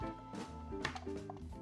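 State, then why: Not seated. An internal part or cover of a Beats Pill portable Bluetooth speaker is worked into position against the speaker body, with short sharp taps at about 0.9 s and 1.3 s over steady tonal music. Nothing has seated or clicked into place yet.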